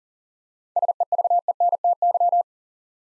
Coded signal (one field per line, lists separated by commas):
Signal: Morse code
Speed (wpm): 39 wpm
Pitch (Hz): 700 Hz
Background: none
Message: SEVENTY